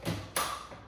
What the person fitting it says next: Boom. Clicks right in.